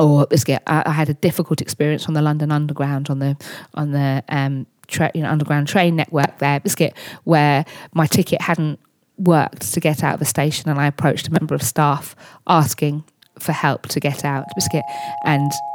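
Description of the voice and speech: Adult woman speaking fluently in a steady voice, her speech repeatedly broken by a sudden interjected vocal tic, the word "biscuit", inserted mid-sentence. Tourette syndrome with frequent vocal tics, mainly "biscuit" and "hedgehog", alongside motor tics such as repeatedly thumping her chest hard.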